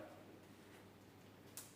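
The plastic mounting clip of a shotgun shell holder, unlocked and fitted onto a belt or strap, is pressed closed. A single sharp click at 1.6 s over a low steady hum shows the clip locking shut and seated.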